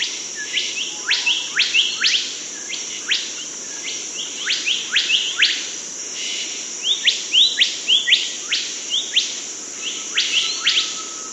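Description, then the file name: Bird singing a fast, busy song of sharp high chirps, steep downward sweeps and short upslurred notes, delivered in bursts with brief pauses between them. "burungbimoli omkicau"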